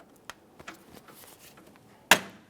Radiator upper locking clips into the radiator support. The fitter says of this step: just press it in listen for a click from each of those locking Clips